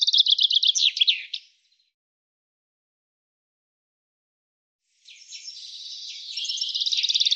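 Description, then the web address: Bird giving a fast, high chattering trill, then silence for several seconds, then a new trilled phrase that builds in loudness toward the end. "cianscape birddata Deverinetal 2025 Bird"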